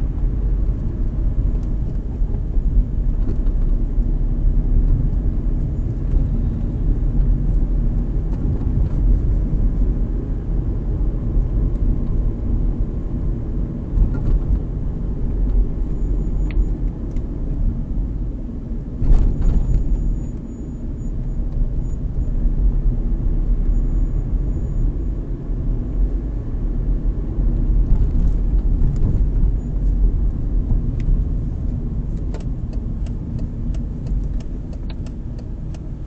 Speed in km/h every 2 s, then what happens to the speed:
24, 26, 29, 31, 33, 36, 36, 33, 27, 25, 24, 28, 29, 30, 28, 26, 22, 14.
0-12 speeds up to 36. 12-19 slows to 24. 26-36 slows to 14.